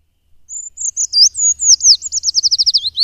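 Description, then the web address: Eurasian treecreeper song, a high, thin descending series of notes that quickens into a fast run and is cut off near the end. "agykontroll Madardalok Cd 1. Hegyi fakusz"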